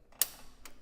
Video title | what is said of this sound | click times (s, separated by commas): CPC Module 4 | we're going to push this down hard and so it clicks into place | 0.2 s